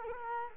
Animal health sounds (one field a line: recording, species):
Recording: mosquito wingbeat signal from an infrared sensor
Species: Culex quinquefasciatus